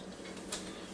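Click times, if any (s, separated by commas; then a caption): 0.5 s. The pressure lid of a Ninja Foodi Deluxe multicooker is lined up on the base and turned clockwise until it locks into place. A short, sharp tick at 0.5 s marks the lid locking, over a steady low background hum.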